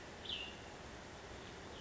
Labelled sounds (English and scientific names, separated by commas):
Cassin's Vireo (Vireo cassinii)